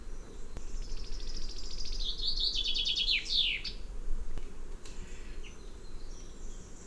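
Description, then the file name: Common chaffinch singing a single phrase of quick, falling notes that speed up and close with an emphatic flourish; faint chirps follow against constant background hiss. "Fringilla coelebs"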